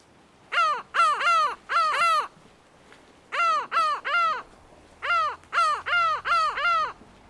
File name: Canto da Gaivota da Lava